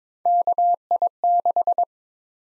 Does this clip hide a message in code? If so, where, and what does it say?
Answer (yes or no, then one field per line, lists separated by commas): yes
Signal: Morse code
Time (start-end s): 0.3-1.8 s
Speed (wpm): 22 wpm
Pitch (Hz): 700 Hz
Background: none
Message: KI6